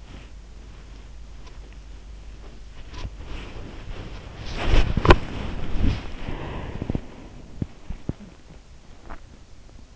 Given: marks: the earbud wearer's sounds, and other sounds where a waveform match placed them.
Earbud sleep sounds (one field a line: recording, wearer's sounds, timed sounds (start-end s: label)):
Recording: sounds in sleep by an in-ear microphone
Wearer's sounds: body movement, swallowing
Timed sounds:
0.00-7.67 s: body movement
7.92-9.30 s: swallowing